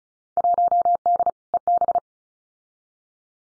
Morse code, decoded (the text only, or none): 1D EB